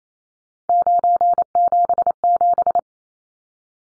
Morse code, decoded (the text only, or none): 977